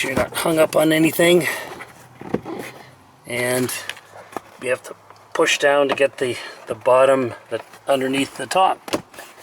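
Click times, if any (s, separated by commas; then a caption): none. A plastic cabin air filter cover on a Fiesta ST is being handled and pushed down into the car's filter housing so its bottom edge tucks under the top, while someone talks. A short sharp knock is heard at 2.4 s and a brief rattle at 9.1 s. The cover has not snapped into place yet; nothing has seated.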